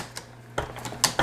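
A plastic vacuum hose is pushed into its port on the body of a Shark Lift-Away Zero-M upright vacuum, a plastic-on-plastic fit that pops in. Light plastic taps and rattles come at about 0.2, 0.6, 0.8 and 0.9 s. The loudest sharp snap at about 1.1 s is the hose seating, followed by one more click at 1.2 s.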